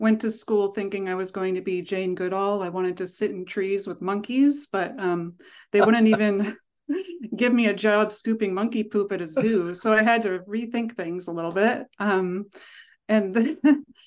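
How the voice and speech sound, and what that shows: Adult woman speaking with typical speech. She is a speech-language pathologist and does not stutter.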